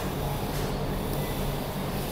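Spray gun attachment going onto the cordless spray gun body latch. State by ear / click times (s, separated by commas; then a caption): not seated / none. A spray gun attachment is handled and lined up with the latch and locking key underneath the body of a Vesic 1200 ml cordless spray gun before being pushed into place. Only a steady broadband background with a low hum around 150–200 Hz is heard, with no sudden sounds. The attachment has not clicked or locked in yet.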